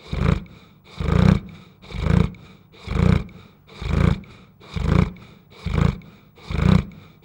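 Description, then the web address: Newfoundland dog snoring: loud, throaty, rumbling snores, about eight at a steady pace of about one per second. A huge Newfoundland dog snoring. "Tom Hutchings Dog Snoring"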